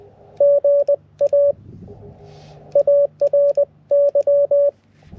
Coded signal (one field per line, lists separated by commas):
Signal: Morse code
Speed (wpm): 20 wpm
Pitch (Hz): 570 Hz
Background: none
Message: GA ARY